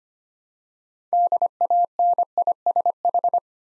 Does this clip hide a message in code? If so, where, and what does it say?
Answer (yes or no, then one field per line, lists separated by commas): yes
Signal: Morse code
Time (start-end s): 1.1-3.4 s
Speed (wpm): 25 wpm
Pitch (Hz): 700 Hz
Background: none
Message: DANISH